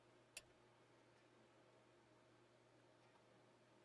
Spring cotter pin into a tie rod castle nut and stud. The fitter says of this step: this particular pin just snaps into place there's no need to bend over the ends